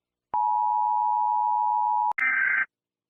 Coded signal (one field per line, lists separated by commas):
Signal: Emergency Alert System (SAME) tones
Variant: 853 and 960 Hz attention tone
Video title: United States Emergency Alert System Alarm 1.4272477e+45 / 2^150 times (RE-UPLOAD)